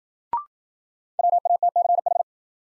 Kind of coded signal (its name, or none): Morse code